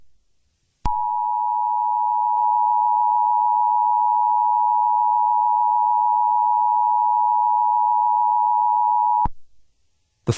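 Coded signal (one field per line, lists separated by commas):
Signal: Emergency Alert System (SAME) tones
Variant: 853 and 960 Hz attention tone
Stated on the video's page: Made-up EAS scenario of a London terror attack, created for entertainment, not a real alert.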